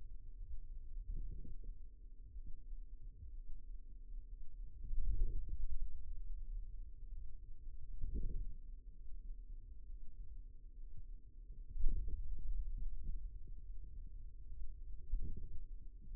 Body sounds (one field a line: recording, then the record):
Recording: forearm muscle sounds (acoustic myography)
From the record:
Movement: wrist extension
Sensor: system 2, bracelet of six BSWA MPA416 microphones around the upper forearm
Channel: 4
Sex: male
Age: 22 years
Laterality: right